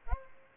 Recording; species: mosquito wingbeat signal from an infrared sensor; Aedes albopictus